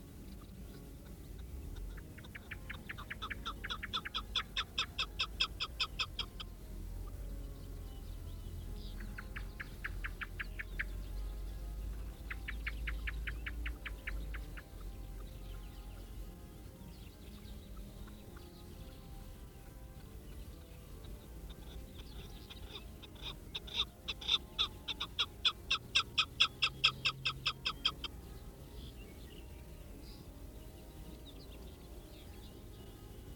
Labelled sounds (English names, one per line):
Chukar call